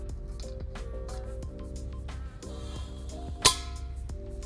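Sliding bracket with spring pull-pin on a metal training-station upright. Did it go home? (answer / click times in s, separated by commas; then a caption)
yes / 3.5 s. A sliding bracket with a spring pull-pin is pushed onto the top of a metal training-station upright, and the pin is lifted to slide it the rest of the way, with steady music playing in the background. At 3.5 s the pin is released and snaps into its hole with a sharp, bright metallic click, seating the bracket on the pole.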